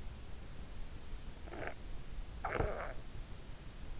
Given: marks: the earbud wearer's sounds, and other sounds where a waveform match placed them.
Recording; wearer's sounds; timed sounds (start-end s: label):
sounds in sleep by an in-ear microphone; snoring breath
1.18-3.52 s: snoring breath